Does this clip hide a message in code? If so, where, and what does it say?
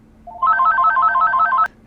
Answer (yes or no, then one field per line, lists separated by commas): no